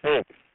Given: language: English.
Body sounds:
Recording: throat vibration sensor signal played as sound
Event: speech

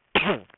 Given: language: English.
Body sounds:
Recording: throat vibration sensor signal played as sound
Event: cough

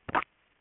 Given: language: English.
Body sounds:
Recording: throat vibration sensor signal played as sound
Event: swallow

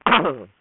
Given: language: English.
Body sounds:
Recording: throat vibration sensor signal played as sound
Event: throat clearing

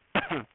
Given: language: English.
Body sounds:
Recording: throat vibration sensor signal played as sound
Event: cough

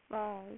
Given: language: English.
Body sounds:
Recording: throat vibration sensor signal played as sound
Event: speech

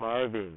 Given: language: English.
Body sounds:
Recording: throat vibration sensor signal played as sound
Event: speech

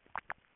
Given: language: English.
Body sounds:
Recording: throat vibration sensor signal played as sound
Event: swallow

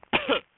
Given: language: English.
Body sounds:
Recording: throat vibration sensor signal played as sound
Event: cough

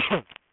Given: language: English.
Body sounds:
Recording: throat vibration sensor signal played as sound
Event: cough

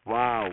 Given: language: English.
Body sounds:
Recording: throat vibration sensor signal played as sound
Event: speech

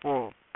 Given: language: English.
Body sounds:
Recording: throat vibration sensor signal played as sound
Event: speech

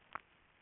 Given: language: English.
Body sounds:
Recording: throat vibration sensor signal played as sound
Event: swallow

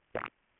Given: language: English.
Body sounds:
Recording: throat vibration sensor signal played as sound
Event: swallow

